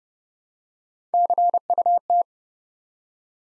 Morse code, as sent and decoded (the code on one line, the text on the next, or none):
-.-. ..- -
CUT